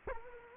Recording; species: mosquito wingbeat signal from an infrared sensor; Anopheles gambiae